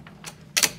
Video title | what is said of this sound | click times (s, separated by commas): Valerie Love Seat Sofa Sleeper by Istikbal from FUTON WORLD NJ | if you lift up get that first place locks into place again | 0.6 s